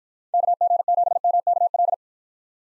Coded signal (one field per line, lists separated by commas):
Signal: Morse code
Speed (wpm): 53 wpm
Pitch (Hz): 700 Hz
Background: none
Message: KG7MKL